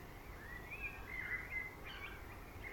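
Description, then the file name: Common blackbird singing faint, fluty warbled phrases around mid pitch, one long phrase then a shorter one near the end, over steady low background rumble. "Turdus merula"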